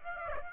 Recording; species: mosquito wingbeat signal from an infrared sensor; Aedes aegypti